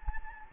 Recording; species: mosquito wingbeat signal from an infrared sensor; Anopheles gambiae